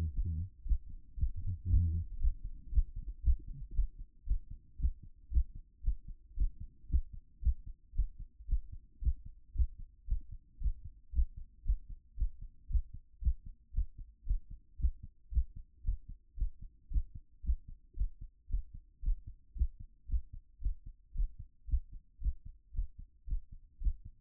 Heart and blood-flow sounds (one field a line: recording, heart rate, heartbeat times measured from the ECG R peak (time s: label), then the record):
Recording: heart sounds by stethoscope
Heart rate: 114 bpm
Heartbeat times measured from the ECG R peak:
0.12 s: heartbeat
0.63 s: heartbeat
1.15 s: heartbeat
1.67 s: heartbeat
2.18 s: heartbeat
2.70 s: heartbeat
3.21 s: heartbeat
3.73 s: heartbeat
4.25 s: heartbeat
4.77 s: heartbeat
5.29 s: heartbeat
5.82 s: heartbeat
6.35 s: heartbeat
6.88 s: heartbeat
7.41 s: heartbeat
7.93 s: heartbeat
8.47 s: heartbeat
9.00 s: heartbeat
9.53 s: heartbeat
10.06 s: heartbeat
10.59 s: heartbeat
11.11 s: heartbeat
11.63 s: heartbeat
12.15 s: heartbeat
12.68 s: heartbeat
13.20 s: heartbeat
13.72 s: heartbeat
14.24 s: heartbeat
14.77 s: heartbeat
15.30 s: heartbeat
15.82 s: heartbeat
16.35 s: heartbeat
16.89 s: heartbeat
17.42 s: heartbeat
17.95 s: heartbeat
18.48 s: heartbeat
19.01 s: heartbeat
19.54 s: heartbeat
20.07 s: heartbeat
20.60 s: heartbeat
21.13 s: heartbeat
21.66 s: heartbeat
22.19 s: heartbeat
22.72 s: heartbeat
23.25 s: heartbeat
23.79 s: heartbeat
From the record:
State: after exercise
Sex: male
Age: 42 years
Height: 186 cm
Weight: 80 kg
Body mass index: 23.12